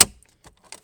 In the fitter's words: pop out that side, and do the same thing over here.